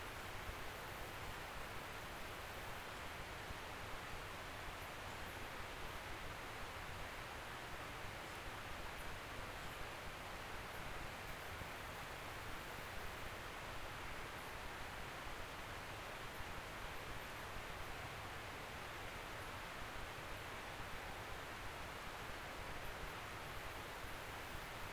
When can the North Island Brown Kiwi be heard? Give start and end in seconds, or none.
none